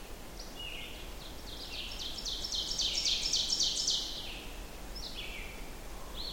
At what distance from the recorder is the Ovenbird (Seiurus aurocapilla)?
about 35 m